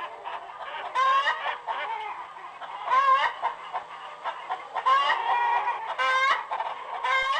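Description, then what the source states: Chicken: a crowded flock of chickens clucks continuously, with loud squawks bursting out every second or two. Recorded in a chicken coop.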